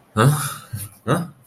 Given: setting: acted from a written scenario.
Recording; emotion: vocal sound without words; distress